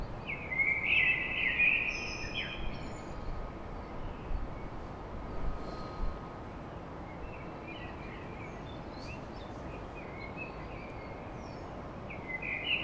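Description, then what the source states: Common blackbird delivering one clear warbled phrase at the start, then only faint notes, against a steady background rumble. Recorded at dawn in Paris.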